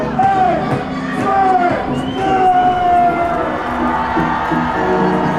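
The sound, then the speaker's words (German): A concert crowd at a large EDM festival near Chicago screams loudly and continuously on the DJ's count of three, hands up, a dense wall of high, shrill voices with rising and falling wails layered over a steady roar for the whole stretch. “Ich zähle bis 3 und auf 3 will ich alle Hände oben sehen und ihr schreit so laut ihr könnt, okay?”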